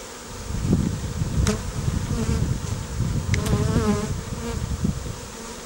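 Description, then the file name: Bees buzzing in a low hum, with a few brief higher whines and clicks. At Schusterweg, Kodersdorf. "Kodersdorf - Schusterweg - Bienen"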